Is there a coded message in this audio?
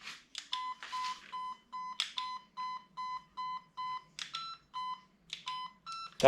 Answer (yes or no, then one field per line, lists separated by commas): no